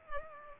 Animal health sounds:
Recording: mosquito wingbeat signal from an infrared sensor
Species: Culex pipiens

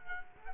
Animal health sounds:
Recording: mosquito wingbeat signal from an infrared sensor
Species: Culex quinquefasciatus

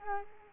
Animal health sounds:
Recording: mosquito wingbeat signal from an infrared sensor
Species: Culex quinquefasciatus

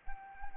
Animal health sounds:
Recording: mosquito wingbeat signal from an infrared sensor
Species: Anopheles arabiensis

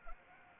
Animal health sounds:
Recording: mosquito wingbeat signal from an infrared sensor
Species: Anopheles arabiensis

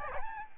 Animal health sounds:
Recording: mosquito wingbeat signal from an infrared sensor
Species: Aedes albopictus

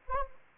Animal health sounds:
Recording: mosquito wingbeat signal from an infrared sensor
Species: Anopheles arabiensis

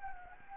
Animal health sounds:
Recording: mosquito wingbeat signal from an infrared sensor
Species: Anopheles gambiae

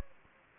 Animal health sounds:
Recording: mosquito wingbeat signal from an infrared sensor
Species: Anopheles gambiae

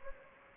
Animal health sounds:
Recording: mosquito wingbeat signal from an infrared sensor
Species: Anopheles gambiae

